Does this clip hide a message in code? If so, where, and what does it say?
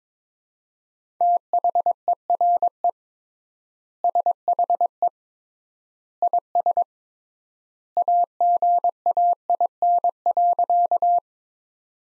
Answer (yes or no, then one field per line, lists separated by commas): yes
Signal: Morse code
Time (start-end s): 1.2-11.2 s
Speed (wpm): 21 wpm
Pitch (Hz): 700 Hz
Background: none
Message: THERE SHE IS AGAIN.